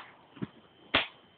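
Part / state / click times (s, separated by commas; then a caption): folding metal stock into its locked extended position on an airsoft gun / seated / 1.0 s. The metal folding stock of a Tokyo Marui UZI airsoft submachine gun replica is pulled down and out to its extended position. A softer knock sounds around 0.4 s, then a sharp metallic click at 0.9 s as the stock locks open and seats in place.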